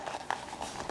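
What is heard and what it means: A tightened BOA lacing dial in its housing on a Specialized cycling shoe is pulled outward. It gives a sharp pop-out click at 0.3 s, followed by softer ticks and rustles. The dial is released from its engaged position, loosening the laces.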